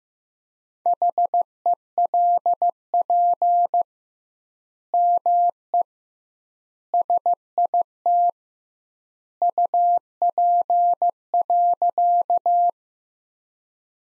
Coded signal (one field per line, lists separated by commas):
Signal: Morse code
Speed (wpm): 15 wpm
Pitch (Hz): 700 Hz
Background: none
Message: HELP ME SIT UP.